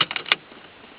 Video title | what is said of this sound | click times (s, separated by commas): Pug 106 stereo | wait until it clicks | 0.3 s